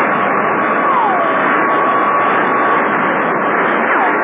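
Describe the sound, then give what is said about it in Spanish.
In the Kaliman radio drama, a loud, unbroken roar of supersonic jets with a hissing edge fills the whole stretch, while a thin steady whine and a couple of gliding, falling tones streak through it like ray-gun fire from a flying saucer's weapons, blowing two planes to pieces. “Y dos aviones más volaron en pedazos, destrozados al parecer con descargas atómicas.”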